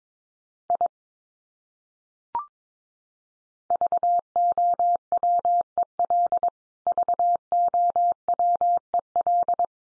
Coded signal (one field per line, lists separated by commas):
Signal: Morse code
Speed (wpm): 22 wpm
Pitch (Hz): 700 Hz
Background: none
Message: I VOWEL VOWEL